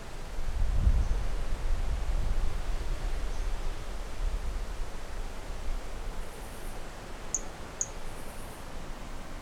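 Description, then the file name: Pumpkin toadlet giving two short, high-pitched chirps about half a second apart near the end, under strong gusty wind noise. Individual 09 recorded from 30 cm in wind on 15 January 2018; specimen collected. "Brachycephalus mirissimus 15 jan 2018 individual 09 ex 03 30 cm with wind M R Bornschein"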